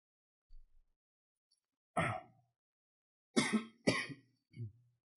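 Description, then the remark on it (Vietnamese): A short run of dry coughs: one sharp cough, a pause, then a tight cluster of harsh bursts ending in a softer, lower hack. No talking, and silence in between. “Khoảng thời gian sau thì ho khúc nào cắt bỏ khúc đó.”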